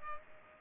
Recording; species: mosquito wingbeat signal from an infrared sensor; Culex pipiens